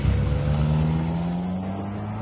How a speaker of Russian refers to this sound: Двое взрослых и мальчик сели в машину, хлопнули дверцы, и автомобиль укатил.